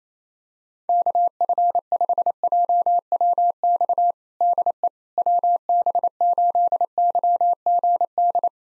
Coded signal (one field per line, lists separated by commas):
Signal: Morse code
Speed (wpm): 28 wpm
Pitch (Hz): 700 Hz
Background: none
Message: KF5JWX DE WB8YGD